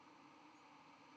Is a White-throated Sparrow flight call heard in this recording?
no